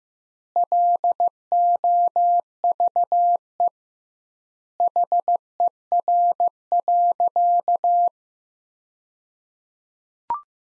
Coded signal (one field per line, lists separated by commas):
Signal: Morse code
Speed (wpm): 15 wpm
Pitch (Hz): 700 Hz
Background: none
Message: LOVE HER.